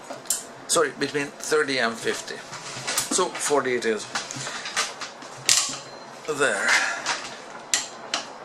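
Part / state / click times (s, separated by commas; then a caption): torque wrench tightening a cassette lockring on a bicycle rear hub / torque reached / 7.7 s. A torque wrench set to 40 Nm tightens the steel lockring of a Shimano CS-HG800/700-11, 11-34T cassette onto a bicycle rear-hub freehub while someone talks, with a few short metallic knocks along the way. The wrench gives its sharp release click at 7.7 s, followed by another brief knock, showing the lockring has reached its set torque.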